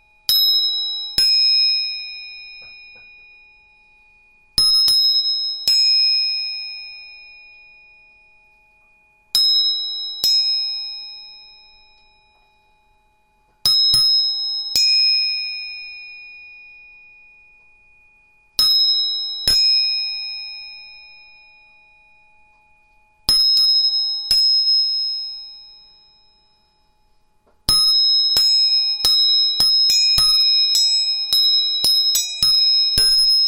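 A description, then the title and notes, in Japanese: A tuning fork is struck about every five seconds, each bright ringing tone fading slowly, then rapid repeated strikes crowd the final seconds. 音叉チューニング3本。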